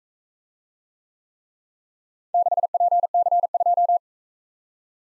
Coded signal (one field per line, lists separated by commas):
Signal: Morse code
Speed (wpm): 42 wpm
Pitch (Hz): 700 Hz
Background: none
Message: 6PC2